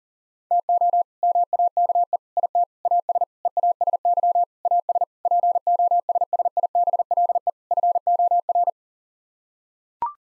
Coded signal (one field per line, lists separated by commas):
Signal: Morse code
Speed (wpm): 37 wpm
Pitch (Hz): 700 Hz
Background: none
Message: TO MAKE IT AS EASY AS POSSIBLE FOR